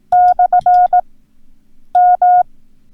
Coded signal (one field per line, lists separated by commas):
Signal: Morse code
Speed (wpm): 18 wpm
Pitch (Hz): 720 Hz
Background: none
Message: /M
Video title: Learn Morse Code - Punctuation